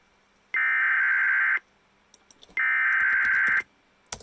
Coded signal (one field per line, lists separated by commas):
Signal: Emergency Alert System (SAME) tones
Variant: header bursts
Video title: EAS 1474 BIRMINGHAM TOR